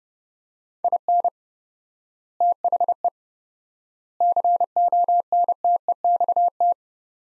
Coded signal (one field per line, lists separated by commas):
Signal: Morse code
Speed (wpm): 31 wpm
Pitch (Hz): 700 Hz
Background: none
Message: IN THE CONTEXT